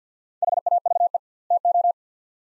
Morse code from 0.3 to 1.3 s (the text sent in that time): HAVE